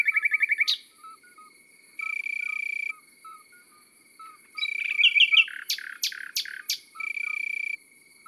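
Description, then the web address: Common nightingale singing a quick rattle, then tumbling whistled notes and a string of loud sharp sweeps. Long even buzzes come between the phrases, with faint low chirps throughout. Countryside setting. "Rossignol philomele Chants doiseaux dans la campagne. album chants-doiseaux-dans-la-campagne"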